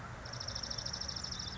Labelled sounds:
Dark-eyed Junco (Junco hyemalis)
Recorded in Sonoma County, California

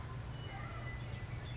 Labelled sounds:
Western Meadowlark (Sturnella neglecta)
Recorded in Sonoma County, California

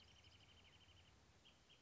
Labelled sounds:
Wrentit (Chamaea fasciata)
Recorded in Sonoma County, California

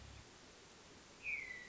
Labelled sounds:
Hermit Thrush (Catharus guttatus)
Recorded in Sonoma County, California

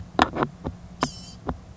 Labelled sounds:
Blue-gray Gnatcatcher (Polioptila caerulea)
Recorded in Sonoma County, California

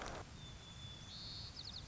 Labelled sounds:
White-crowned Sparrow (Zonotrichia leucophrys)
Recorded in Sonoma County, California

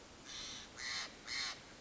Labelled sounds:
Steller's Jay (Cyanocitta stelleri)
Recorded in Sonoma County, California

